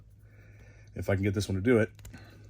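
A plastic toy blade accessory from an action figure is handled against another blade's connector as the two are fitted end to end. Someone talks over a low steady hum, with a few faint handling ticks near the end. Nothing has seated or clicked yet.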